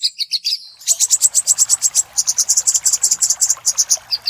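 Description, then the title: Little spiderhunter song: a few high notes, a brief thin whistle, then a steady rapid series of sharp, very high chips. For training cage birds; Indonesian name sogok ontong, labelled labaik. "Masteran Burung Sogok Ontong Labaik"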